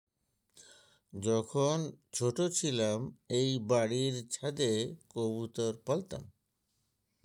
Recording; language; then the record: elicited speech; Bengali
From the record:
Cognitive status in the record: dementia